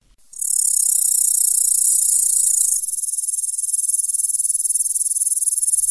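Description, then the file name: Grasshopper song, a continuous high buzzy stridulation that becomes a pulsed trill partway through, steady to the end. "kuznechik"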